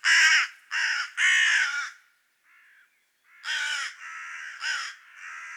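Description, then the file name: Carrion crow calling with loud hoarse caws, three in quick succession, a pause with a faint softer note, then a further run of raspy caws. "Corvus corone"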